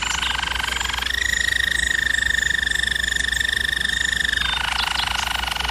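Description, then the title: German Roller canary song, one unbroken rapid roll that jumps up to a higher pitch after a second and drops back near the end. German Roller canary singing, for canary training. "German Roller Canary Singing - Canary Training Vid"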